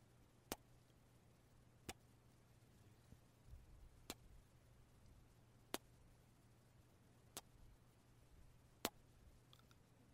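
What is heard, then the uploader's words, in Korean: Crisp mouth clicks and kiss-like smacks come one at a time, about every one to two seconds, with quiet gaps between. A low steady hum and faint hiss run underneath, with a soft rustle near the middle. 입소리와 뽀뽀소리.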